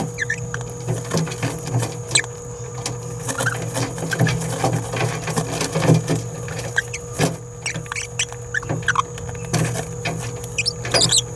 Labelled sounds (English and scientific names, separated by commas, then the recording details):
Green-rumped Parrotlet (Forpus passerinus) babbling
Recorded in a nest box in Venezuela
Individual 18B17A3